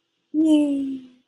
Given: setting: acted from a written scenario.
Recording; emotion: vocal sound without words; ecstasy